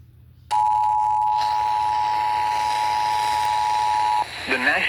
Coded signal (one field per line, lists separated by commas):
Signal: Emergency Alert System (SAME) tones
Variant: 853 and 960 Hz attention tone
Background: speech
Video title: EAS #217-218 Severe Thunderstorm Warning on WDRU and WRKV